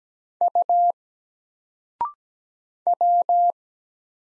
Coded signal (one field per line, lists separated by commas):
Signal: Morse code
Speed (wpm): 17 wpm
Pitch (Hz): 700 Hz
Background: none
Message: U W